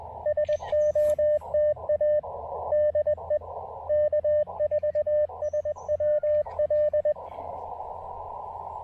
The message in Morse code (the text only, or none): SOTA DE K4SWL